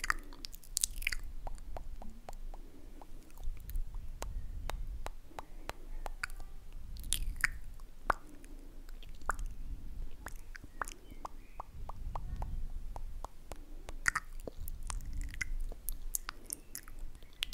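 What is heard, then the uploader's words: Mouth sounds: wet clicks, smacks and crunchy chewing repeat rapidly across the whole stretch, often several per second. Low soft thuds swell underneath in waves, strongest around four, seven, twelve and fifteen seconds, with occasional brighter squishy bursts. Sleepy Mouthsounds.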